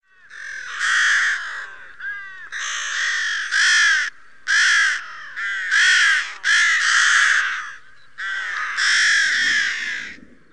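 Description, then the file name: Rook giving harsh, grating caws in a series of drawn-out calls with short pauses between bursts. "corvus frugilegus"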